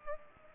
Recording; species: mosquito wingbeat signal from an infrared sensor; Culex pipiens